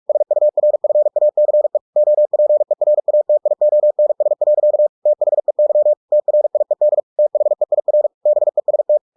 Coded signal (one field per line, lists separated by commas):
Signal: Morse code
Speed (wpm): 46 wpm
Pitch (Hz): 600 Hz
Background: none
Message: SURFACE OPERATIONS. THEY TRIED THEIR BEST